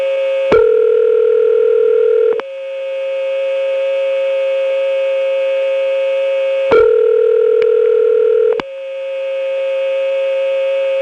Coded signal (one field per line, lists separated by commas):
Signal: telephone call progress tone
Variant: North America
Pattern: ringback tone